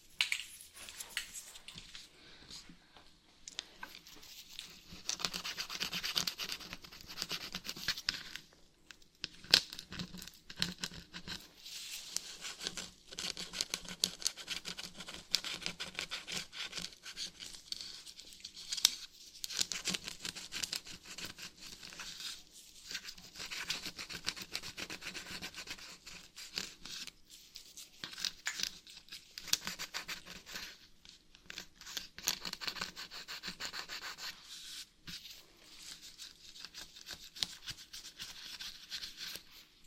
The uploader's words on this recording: ASMR Brain Melting Scratching (No Talking).